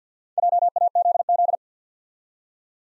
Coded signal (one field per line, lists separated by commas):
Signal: Morse code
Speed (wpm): 48 wpm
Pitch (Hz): 700 Hz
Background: none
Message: JAZZ